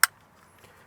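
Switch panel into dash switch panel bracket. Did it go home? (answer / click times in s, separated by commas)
yes / 0.0 s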